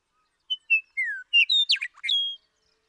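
Western meadowlark song, a single phrase of clear falling whistles followed by a rapid bubbling run and a sustained high note.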